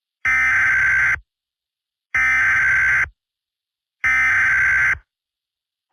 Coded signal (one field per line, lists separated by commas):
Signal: Emergency Alert System (SAME) tones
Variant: header bursts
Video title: THE MACON TORNADO- A TWC COVERAGE/EAS SCENARIO